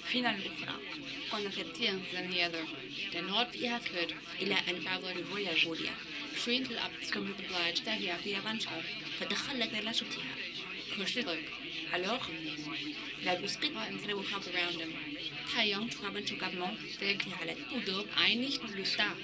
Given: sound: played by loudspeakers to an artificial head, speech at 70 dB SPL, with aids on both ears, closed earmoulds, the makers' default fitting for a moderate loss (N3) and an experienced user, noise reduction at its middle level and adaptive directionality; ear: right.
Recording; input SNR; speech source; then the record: speech test signal (ISTS) in cocktail-party noise; +6 dB; in front (0 degrees)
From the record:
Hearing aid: class 2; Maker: D